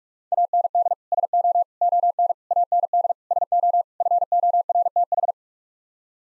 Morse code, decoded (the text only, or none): AND SO ON AND SO FORTH